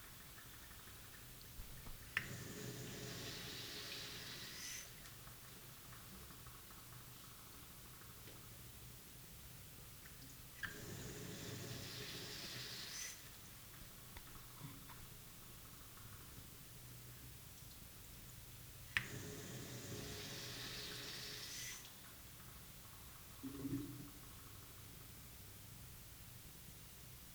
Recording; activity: daily activity, guitar pickup as the sensor; flush